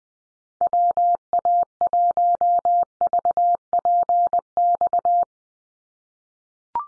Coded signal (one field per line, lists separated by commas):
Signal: Morse code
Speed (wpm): 20 wpm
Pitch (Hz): 700 Hz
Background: none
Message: WA1VPX